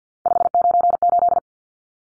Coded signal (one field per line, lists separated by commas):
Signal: Morse code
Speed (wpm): 50 wpm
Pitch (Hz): 700 Hz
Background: none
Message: 598